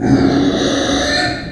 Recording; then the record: squeal of a Yucatan mini pig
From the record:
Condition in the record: before surgery on the right vocal fold (resection and tissue-engineered implant); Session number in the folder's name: 3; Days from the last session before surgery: 0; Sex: female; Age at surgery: 19 weeks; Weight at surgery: 25 kg